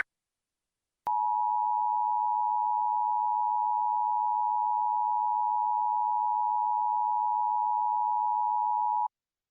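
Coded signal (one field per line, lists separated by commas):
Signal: Emergency Alert System (SAME) tones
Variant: 853 and 960 Hz attention tone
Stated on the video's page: Mock Food Contamination Warning EAS alert, fictional but based on a real flour E. coli recall.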